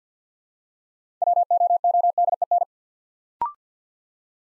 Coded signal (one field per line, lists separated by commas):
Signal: Morse code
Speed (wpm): 48 wpm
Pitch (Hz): 700 Hz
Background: none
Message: WOODEN